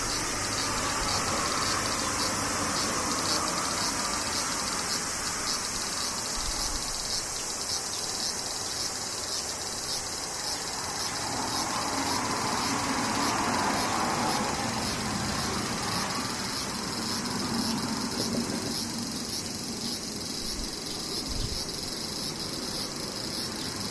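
Cicadas drone without a break for the whole stretch, a dense, bright, shimmering buzz with a faint rapid pulsing running through it. Beneath it a low, soft rumble rises and falls, like a vehicle passing, swelling around the middle and again near the end.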